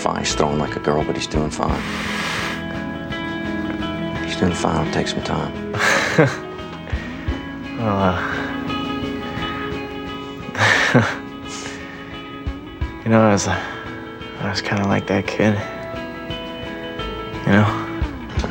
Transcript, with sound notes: He's throwing like a girl, but he's doing fine. He's doing fine. It'll take some time.
(Soundbite of laughter) You know, I was, I was kind of like that kid, you know?